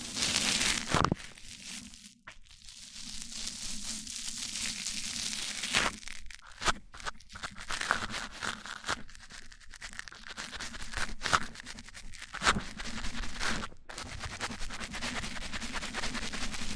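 Mic-on-mic triggers: a steady low hum runs underneath while sharp scratchy bursts and knocks come in irregular clusters across the clip. Brief silent gaps near 2, 6 and 14 seconds break the texture, and the bright rubbing hiss swells and fades throughout.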